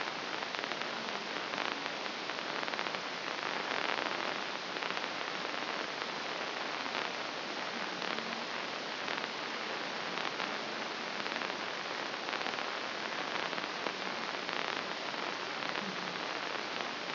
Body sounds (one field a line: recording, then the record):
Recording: brain microelectrode recording played as sound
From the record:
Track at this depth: inside the subthalamic nucleus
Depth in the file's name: 1.937 mm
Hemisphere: left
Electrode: 2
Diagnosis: Parkinson's disease